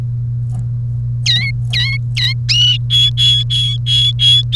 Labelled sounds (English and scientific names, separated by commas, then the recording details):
Domestic Canary (Serinus canaria) song
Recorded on 1 May 2018 at 11:49
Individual llb3